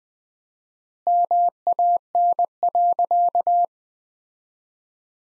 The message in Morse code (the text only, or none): MAN.